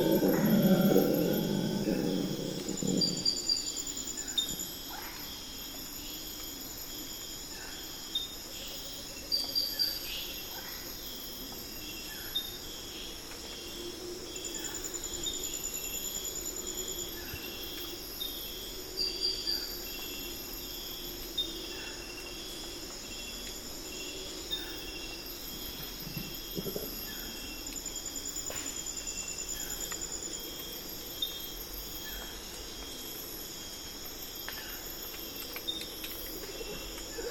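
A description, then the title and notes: Amazon rainforest before dawn, with a thick, steady chorus of insects and crickets ringing high and constant throughout. A low, loud hoot or call opens the first few seconds, then softer low calls and scattered chirps come and go every few seconds. It's 4am in the Amazon rainforest and the Rufous Motmots start calling. Soon thereafter the local Howler Monkey gang follows suit, accompanied by frogs and other birds. Amazon basin - Dawn - Motmots And Howlers.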